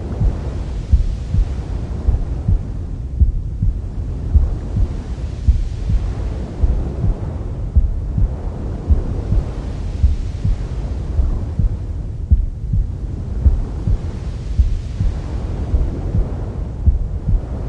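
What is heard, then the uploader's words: Womb sound: a deep, muffled whooshing hum with a soft heartbeat-like throb pulsing steadily about once a second, swelling and fading in slow waves. Relaxing Womb Sound To Help Baby Sleep Faster.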